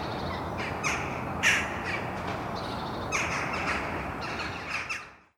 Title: Mariahoeve, Den Haag, Nederland - Vogels mariahieve